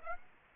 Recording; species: mosquito wingbeat signal from an infrared sensor; Aedes aegypti